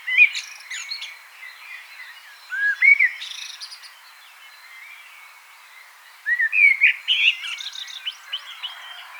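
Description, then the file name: Common blackbird with varied fluted and squeaky phrases, some rising whistles, coming in bursts separated by quieter stretches over a faint hiss. "Turdus merula"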